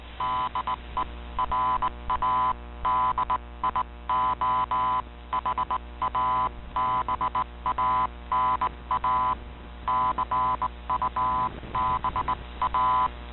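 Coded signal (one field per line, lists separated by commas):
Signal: Morse code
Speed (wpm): 18 wpm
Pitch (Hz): 1010 Hz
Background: none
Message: DE RADIO HABANA CUBA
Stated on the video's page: Received on 15140 kHz shortwave with an Icom IC-R8600 receiver during a Radio Havana Cuba program.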